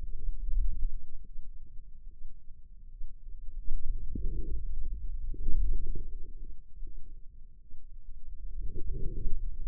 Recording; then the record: forearm muscle sounds (acoustic myography)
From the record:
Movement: wrist extension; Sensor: system 2, bracelet of six BSWA MPA416 microphones around the upper forearm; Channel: 2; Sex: female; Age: 25 years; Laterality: right